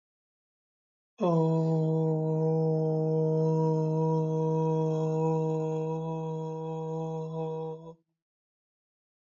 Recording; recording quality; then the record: sustained vowel as in boot; excellent, no background noise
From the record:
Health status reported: healthy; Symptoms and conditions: diabetes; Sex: male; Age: 39 years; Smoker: not ticked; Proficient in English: yes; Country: India